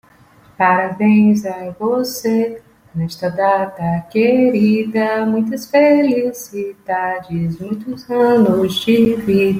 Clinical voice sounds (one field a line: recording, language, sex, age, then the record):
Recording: short text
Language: Brazilian Portuguese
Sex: female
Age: 30 to 39 years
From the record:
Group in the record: control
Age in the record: 39 years